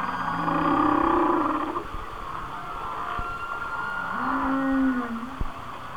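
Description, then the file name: Whale song with a loud low moan at the start, then a steady tonal wail and a rising-falling low moan toward the end. "Whale Songs- Mike Mc Donald"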